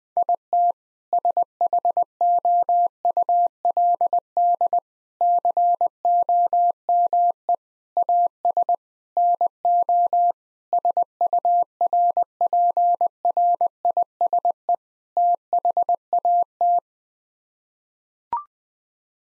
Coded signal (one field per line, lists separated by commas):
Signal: Morse code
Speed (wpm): 20 wpm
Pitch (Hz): 700 Hz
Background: none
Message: IT SHOULD COME AS NO SURPRISE THAT